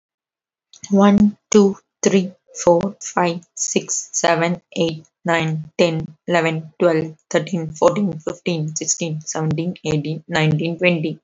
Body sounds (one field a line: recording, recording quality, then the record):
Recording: counting at a normal pace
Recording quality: excellent, no background noise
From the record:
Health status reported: healthy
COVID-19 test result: negative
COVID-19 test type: RT-PCR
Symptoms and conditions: cough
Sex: female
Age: 23 years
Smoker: no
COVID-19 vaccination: one dose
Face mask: worn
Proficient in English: yes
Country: India